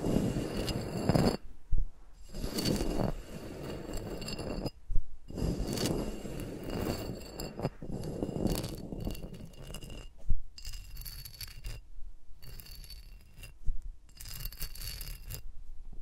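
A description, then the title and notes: Fingers rub and scrape against microphones in dense, rustling bursts, with brief silent gaps between strokes around two, five and ten seconds. The strokes are soft and crackly. Brighter tapping and scratching sounds fill the later half, with a few sharp clicks. ASMR with Mics Around My Fingers (No Talking).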